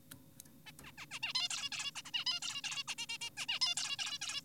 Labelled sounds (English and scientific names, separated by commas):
Zebra Finch (Taeniopygia guttata)